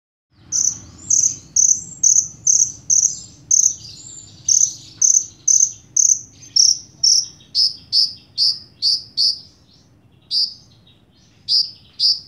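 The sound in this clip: Bird song: a long series of sharp, high chirping notes, each with a quick pitch slur, repeated about twice a second, with a short lull near the ten-second mark.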